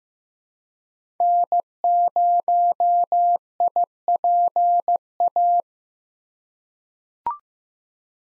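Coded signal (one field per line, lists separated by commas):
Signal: Morse code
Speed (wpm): 15 wpm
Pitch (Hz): 700 Hz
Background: none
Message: N0IPA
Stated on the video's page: Morse code head-copy drill at 15 wpm of common SOTA chaser call signs, each sent, spoken, then sent again.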